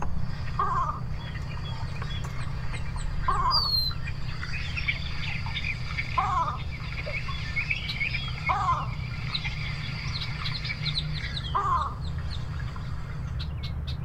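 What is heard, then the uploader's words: A Least Bittern repeats a short, low call from a marsh about every two to three seconds, five times in all. Other birds chirp and trill brightly throughout, over a steady low rumble that sounds like traffic. Least Bittern (contact call) in side channel of the Big Gut in Dyke Marsh. Recorded with Fostex FR-2, Sennheiser ME66.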